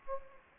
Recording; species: mosquito wingbeat signal from an infrared sensor; Anopheles gambiae